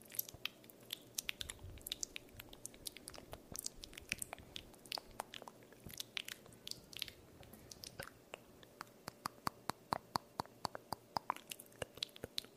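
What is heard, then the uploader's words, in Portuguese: Close mouth sounds: wet clicks, smacks and soft squishes right by the ear. Dense, fast bursts fill the first eight seconds, then the pace slows to sparser, evenly spaced sharp clicks. A faint low hum sits steadily underneath. ASMR só com sons de boca lentos e rápidos pertinho do seu ouvido.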